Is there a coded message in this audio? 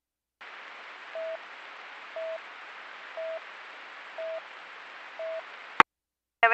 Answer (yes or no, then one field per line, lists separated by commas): no